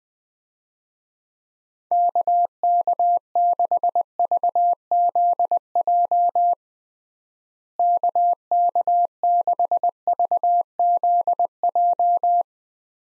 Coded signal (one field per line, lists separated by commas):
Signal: Morse code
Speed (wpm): 21 wpm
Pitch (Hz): 700 Hz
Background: none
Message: KK6VZJ KK6VZJ